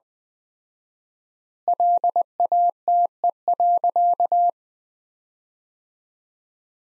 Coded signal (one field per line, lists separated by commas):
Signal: Morse code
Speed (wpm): 20 wpm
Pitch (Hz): 700 Hz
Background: none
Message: LATE.